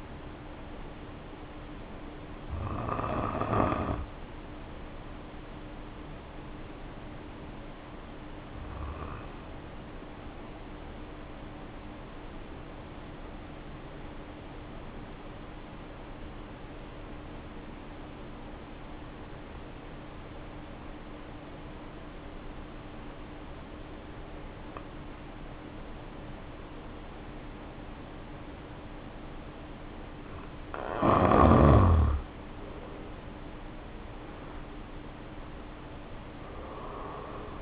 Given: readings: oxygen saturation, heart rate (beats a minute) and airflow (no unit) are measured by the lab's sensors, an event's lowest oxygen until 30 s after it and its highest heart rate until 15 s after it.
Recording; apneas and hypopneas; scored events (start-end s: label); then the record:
breathing in sleep by a voice recorder at the bedside; 1
6.00-33.60 s: obstructive apnea (N1, oxygen 94% highest, then 76% lowest, heart rate 50 at the start, 70 highest)
From the record:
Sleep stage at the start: N1 (lightest sleep); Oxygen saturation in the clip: 73 to 94%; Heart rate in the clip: 49 to 67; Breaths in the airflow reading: 2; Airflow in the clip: -2.8 to 2.6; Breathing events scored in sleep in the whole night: 520 in 7.2 hours asleep